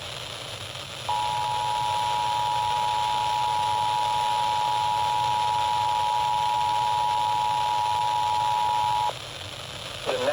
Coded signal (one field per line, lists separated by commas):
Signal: Emergency Alert System (SAME) tones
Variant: 853 and 960 Hz attention tone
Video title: MULTIPLE DAY ALERTS 4 | EAS Alerts from 8/17/26 - 8/22/26